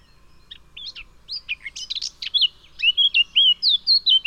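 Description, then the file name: Eurasian blackcap song: scratchy twittering warble that swells into loud, clear fluted whistles repeated rapidly near the end. "Sylvia atricapilla"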